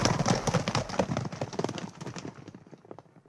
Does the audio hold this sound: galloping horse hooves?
yes